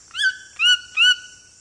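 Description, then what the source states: Cuvier's toucan giving three loud yelps in quick succession, each sharply rising then holding level, with a steady high insect drone behind. Piercing, cheerful yelp.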